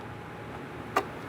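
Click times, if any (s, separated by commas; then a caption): 1.0 s. A plastic bulb socket on a 2005-2010 Chrysler 300 is lined up with its tabs in the notches of the tail light assembly and twisted clockwise. A soft hum runs under the clip, and a single short, sharp click at 1.0 s marks the socket locking into the lamp housing.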